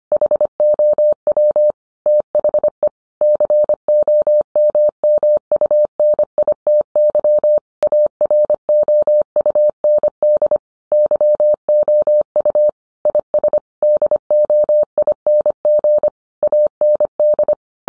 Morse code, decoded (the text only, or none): HOW THE COMMUNITY AROUND YOU IS DOING AND